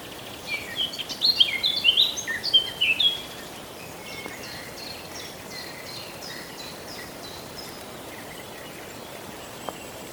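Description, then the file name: Eurasian blackcap warble: a rapid, jumbled burst of bright, chattering notes lasting about two and a half seconds, then a long stretch of quiet background hiss. "Sylvia atricapilla"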